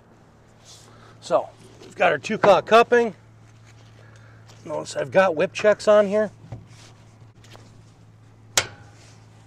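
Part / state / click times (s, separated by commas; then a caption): blast hose coupling onto the blast pot outlet coupling / seated / 8.6 s. A blast hose coupling, with a whip check attached, is fitted onto the blast pot outlet coupling while someone talks over a steady low hum. A single loud, sharp snap at 8.6 s marks the coupling seating into place.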